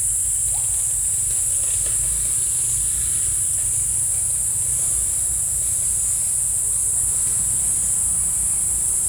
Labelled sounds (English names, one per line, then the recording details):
none
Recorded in dense forest near Puerto Asís, Putumayo, Colombia, on 16 December 2024 at 12:00
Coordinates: 0.467, -76.328
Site GP05